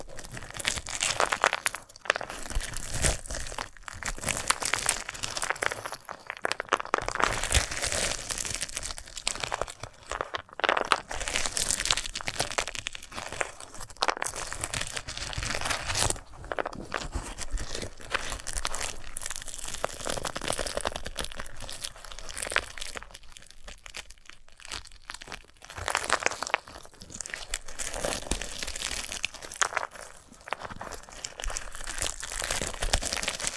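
Crunching and crinkling sounds from handling a sunflower head, dense and bright, with rapid dry crackles running almost without pause. Brief quieter gaps come near 2, 10, 14 and around 23 to 25 seconds before the crackling resumes at full density.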